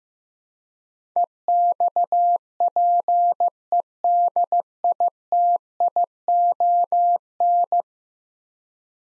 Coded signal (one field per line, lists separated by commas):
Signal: Morse code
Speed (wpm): 16 wpm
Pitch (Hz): 700 Hz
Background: none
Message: EXPEDITION